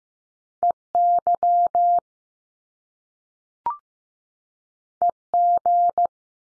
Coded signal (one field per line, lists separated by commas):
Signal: Morse code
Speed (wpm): 15 wpm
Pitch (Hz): 700 Hz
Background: none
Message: E YE G